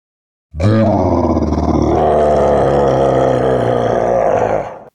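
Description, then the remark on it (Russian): A deafening roar of a Tarasque monster bursts in suddenly and holds for over four seconds, a thick, low, rumbling growl with harsh grinding overtones, loud throughout before cutting off abruptly. No one speaks. “Оглушительный рёв Тараска резал уши.”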